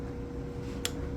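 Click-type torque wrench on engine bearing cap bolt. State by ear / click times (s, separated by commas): torque reached / 0.9 s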